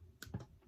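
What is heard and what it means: A plastic needle cap is pushed onto a syringe needle hub with a one-handed scoop recap, giving a sharp, bright click at 0.2 s followed by a duller, lower knock about a tenth of a second later. The cap clicks on and is confirmed seated.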